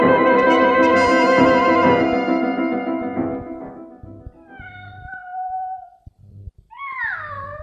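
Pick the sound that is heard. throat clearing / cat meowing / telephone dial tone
cat meowing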